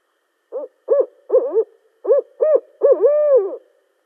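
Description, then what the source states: Barred owl hooting: a rhythmic series of low, arching hoots, the last one drawn out and wavering downward. Recorded 18 March 2012.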